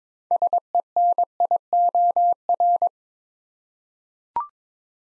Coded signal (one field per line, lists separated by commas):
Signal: Morse code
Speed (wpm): 22 wpm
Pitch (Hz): 700 Hz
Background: none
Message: SENIOR